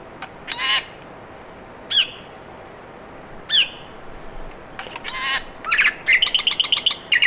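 Bird calls: sharp, harsh downward notes at irregular gaps, ending in a fast rattling run of clipped notes.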